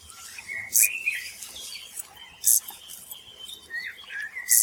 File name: Chorthippus brunneus